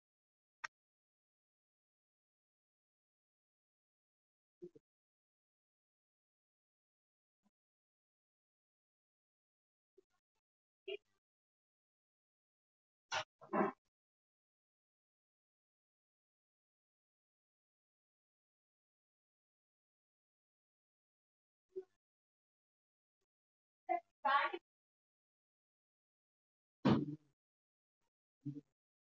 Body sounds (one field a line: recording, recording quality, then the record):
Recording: deep breathing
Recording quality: poor, much background noise or distortion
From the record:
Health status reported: healthy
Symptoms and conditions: none ticked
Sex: female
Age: 37 years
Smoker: not ticked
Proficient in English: yes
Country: India